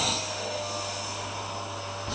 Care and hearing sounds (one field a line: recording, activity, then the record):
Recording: daily activity, microphone in the room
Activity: vacuum cleaning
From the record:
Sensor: 2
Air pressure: 1009.5 hPa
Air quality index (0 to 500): 187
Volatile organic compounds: 12 ppm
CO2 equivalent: 2325 ppm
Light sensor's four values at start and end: 25/61/26/29 and 25/61/26/29